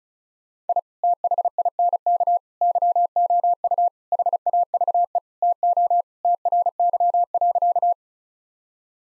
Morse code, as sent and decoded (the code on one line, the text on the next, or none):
.. / - .... .. -. -.- / -.-- --- ..- / .... .- ...- . / - --- / - .-. -.-- .-.-.-
I THINK YOU HAVE TO TRY.